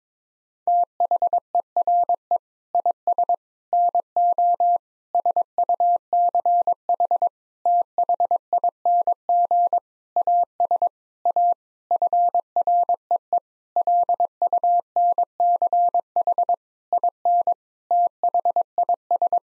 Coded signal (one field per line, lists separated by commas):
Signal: Morse code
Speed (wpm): 22 wpm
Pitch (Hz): 700 Hz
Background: none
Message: THERE IS NO SUCH THING AS A FREE LUNCH IN THIS